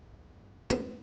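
A click-type torque wrench with a 19 mm socket and 5-inch extension, set to 68 ft-lb, tightens a trailer hitch mounting bolt on a 2006 Nissan Frontier. After quiet low background noise, a single sharp metallic click at 0.7 s rings briefly and fades. The wrench has reached its set torque.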